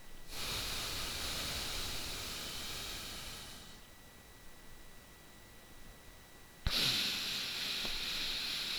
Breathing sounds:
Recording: nose breathing near a microphone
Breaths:
0.10-3.72 s: exhalation
6.67-8.79 s: inhalation
From the record:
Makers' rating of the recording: bad

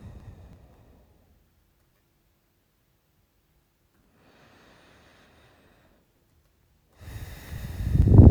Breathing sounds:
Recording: nose breathing near a microphone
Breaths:
0.00-1.66 s: exhalation
3.82-6.12 s: inhalation
6.82-8.31 s: exhalation
From the record:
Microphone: phone

